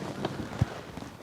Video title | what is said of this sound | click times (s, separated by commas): Britax One4Life versus Graco 4Ever DLX Extend2Fit Snuglock 4-in1 w/ ARB | and then you'll close this till you hear it click and it's a very distinctive click sound | 0.2 s